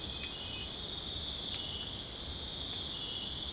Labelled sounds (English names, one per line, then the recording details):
none
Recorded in secondary vegetation near Puerto Asís, Putumayo, Colombia, on 23 June 2025 at 00:00
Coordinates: 0.484, -76.319
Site G074